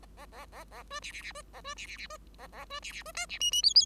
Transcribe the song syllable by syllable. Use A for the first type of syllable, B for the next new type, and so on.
A A A A B C C C B A B C C C B A A B C C B D C E E F F